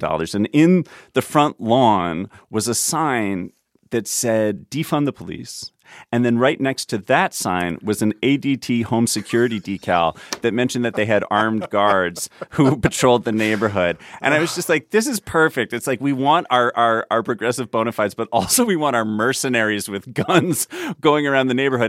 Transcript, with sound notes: And in the front lawn was a sign that said defund the police, and then right next to that sign was an ADT home security decal that mentioned that they had armed guards who patrolled the neighborhood. (Laughter) And I was just like, this is perfect. It's like we want our progressive bona fides, but also we want our mercenaries with guns going around the neighborhood.